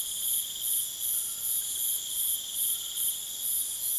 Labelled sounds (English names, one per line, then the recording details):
none
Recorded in pastures near Puerto Asís, Putumayo, Colombia, on 27 June 2025 at 20:30
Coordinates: 0.486, -76.323
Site H29